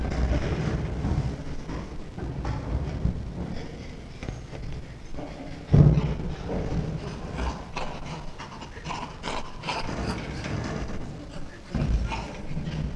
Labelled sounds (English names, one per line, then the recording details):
Chimpanzee
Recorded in captivity
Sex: male
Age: juvenile
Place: Tierpark Berlin, Berlin, DE
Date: 1965-09-03
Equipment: Grundig TK 1 Luxus, Transistorverstärker 1
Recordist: Altmann, Dagmar